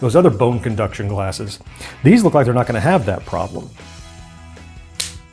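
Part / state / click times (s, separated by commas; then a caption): plastic component snapping into a bone conduction eyeglass frame / seated / 5.0 s. Someone talks over faint background music as a plastic component is pushed into the frame of a pair of Ossii Sound bone conduction glasses. After a quieter stretch, a single sharp, bright snap rings out at 5.0 s as the part clicks into the frame and seats.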